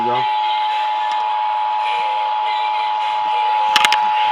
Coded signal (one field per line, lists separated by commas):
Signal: Emergency Alert System (SAME) tones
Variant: 853 and 960 Hz attention tone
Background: speech